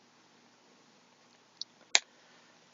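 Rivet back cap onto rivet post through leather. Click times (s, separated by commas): 2.0 s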